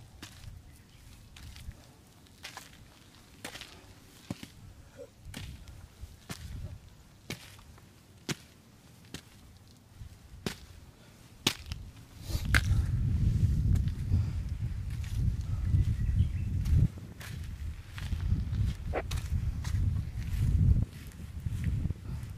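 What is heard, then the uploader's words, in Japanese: Footsteps walking along a summer mountain path, with sharp clicks and crunches arriving at a brisk, fairly regular pace. The first half is sparse and quiet; from about twelve seconds a heavier low rumble, like wind buffeting, fills in underneath the steps. 環境音 夏山を歩く。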